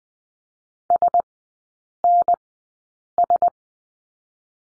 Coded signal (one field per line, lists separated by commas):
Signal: Morse code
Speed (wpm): 20 wpm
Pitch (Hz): 700 Hz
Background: none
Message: SNS